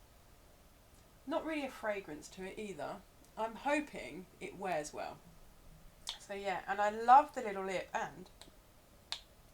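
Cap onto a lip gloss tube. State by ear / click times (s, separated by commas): seated / 9.1 s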